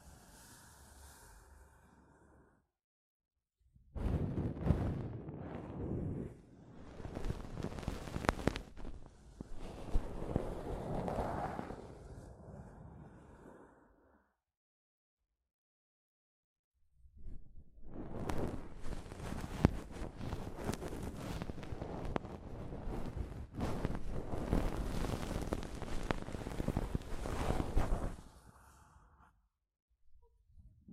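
Soft fabric brushes a microphone in two dense, rustling bursts, roughly four to fourteen seconds and seventeen to twenty-eight, separated by silence.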